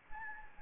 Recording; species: mosquito wingbeat signal from an infrared sensor; Anopheles gambiae